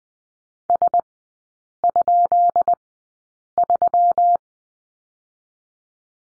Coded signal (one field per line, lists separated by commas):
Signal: Morse code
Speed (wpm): 20 wpm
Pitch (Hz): 700 Hz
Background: none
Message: S?3